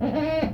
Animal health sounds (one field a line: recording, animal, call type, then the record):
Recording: contact call of a hoofed animal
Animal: goat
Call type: low-frequency (closed-mouth) or high-frequency (open-mouth) call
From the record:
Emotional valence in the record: positive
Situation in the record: food anticipation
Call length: 0.54 s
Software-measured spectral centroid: 1370 Hz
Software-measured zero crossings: 1080 a second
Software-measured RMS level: -24 dBFS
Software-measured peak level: -12 dBFS